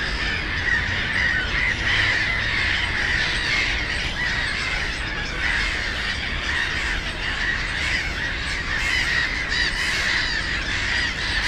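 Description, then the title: Black-headed gulls fill the air with raucous, overlapping screeching calls from many birds, with a low mechanical hum early on and steady background traffic. Many birds on ponds in a former coal-mining area turned nature complex, Bytom, Poland; black-headed gulls loudest; nearby national road and railway noise; recorded with Zoom F4 and AT BP4025 microphone. "Żabie Doły, Bytom, Polska - Black-headed gulls at Frog Ponds complex"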